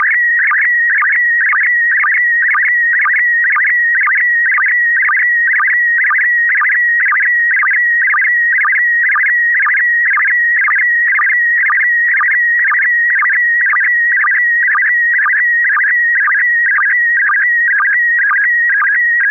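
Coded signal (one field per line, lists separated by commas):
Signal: SSTV (slow-scan television)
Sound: steady high tone warbling rhythmically about twice a second, with brief low chirps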